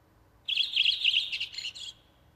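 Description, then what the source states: Redwing song, a single dense twittering phrase of high, rapid chirps lasting about a second and a half against a quiet background. Featured as the nature sound of the week.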